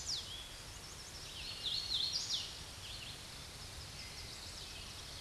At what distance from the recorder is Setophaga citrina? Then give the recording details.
about 35 m. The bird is about 20 m above the microphone. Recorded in a Pennsylvania forest on 16 May 2024 at 07:40. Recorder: AudioMoth, point MSD-2258. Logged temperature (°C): 15.2 °C. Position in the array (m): 161 m, 108 m